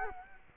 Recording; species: mosquito wingbeat signal from an infrared sensor; Culex quinquefasciatus